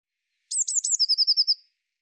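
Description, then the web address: Eurasian blue tit call: three sharp high notes followed by a fast, even trill of lower pulses, lasting just over a second in quiet. "cianscape birddata Deverinetal 2025 File cleaned normalized Bird Cy Ca"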